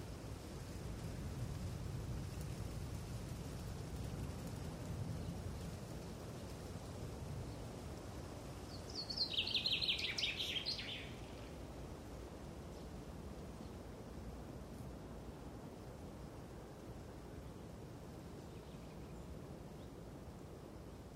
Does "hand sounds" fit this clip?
no